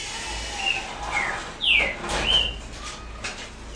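Double-collared seedeater singing a few high, sweet slurred whistles, one falling sharply, with a steady low hum beneath.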